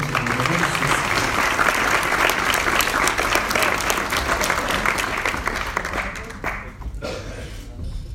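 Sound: audience applause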